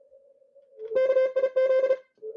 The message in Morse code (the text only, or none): KIZ